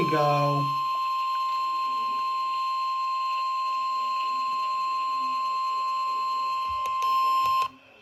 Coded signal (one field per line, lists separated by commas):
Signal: Emergency Alert System (SAME) tones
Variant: 1050 Hz attention tone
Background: speech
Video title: Extreme Calamity II: Flash Flood Madness! EAS Alerts from 7/16/2026 (EAS 581-651)